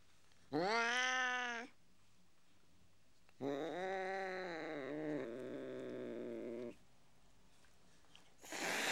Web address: BBC Sound Effects Library. Mog Cat Howling